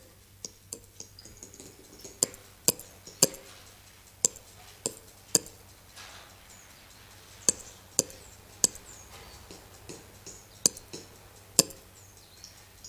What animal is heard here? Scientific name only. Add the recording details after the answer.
Lemur catta. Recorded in captivity. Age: adult. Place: Zoo Rostock, Mecklenburg-Vorpommern, DE. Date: 1984-02-02 15:03. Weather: bedeckt, 2°C. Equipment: Nagra SN, Kopie Uher 4000 Report Monitor. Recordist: Tembrock, Günter